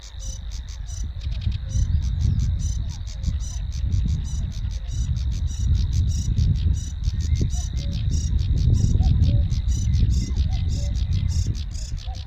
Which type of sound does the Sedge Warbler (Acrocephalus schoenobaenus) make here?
song